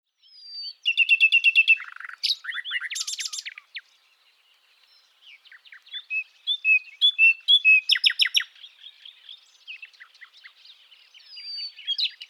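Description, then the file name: Common nightingale delivering loud rapid repeated notes, harsh buzzy bursts, a short pause, then quieter slurred whistles building into another fast rhythmic series with soft chirps near the end. "Luscinia megarhynchos"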